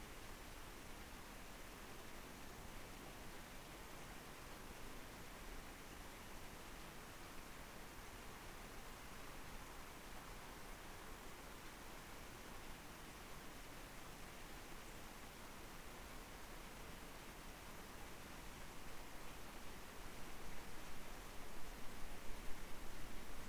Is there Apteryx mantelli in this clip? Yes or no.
no